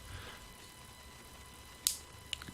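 The second crimped metal contact is pushed into its plastic power connector housing for a DC power extension cable and latches with a sharp, bright click at 1.9 s against a quiet background hiss. Fainter ticks follow at 2.3, 2.4 and 2.5 s. The contact is seated.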